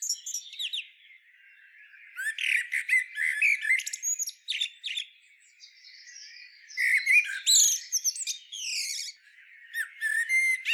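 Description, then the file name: Common blackbird song given almost continuously: fluty warbled notes mixed with scratchy, high twittering flourishes, in several bursts with brief gaps. "Turdus merula"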